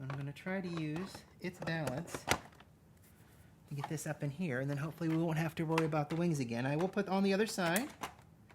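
Someone talks while handling a plastic wing part, pushing it up toward its place in the body of a Playmobil Star Trek III Klingon Bird of Prey toy ship, with only faint handling noises under the voice. Nothing has seated or clicked yet.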